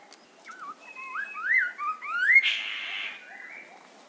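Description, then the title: Chestnut-capped laughingthrush calls: a short string of rising whistled slurs, then a harsh, hissing burst and a fainter whistle. Subspecies major. "Chestnut-capped Laughingthrush (Garrulax mitratus major)"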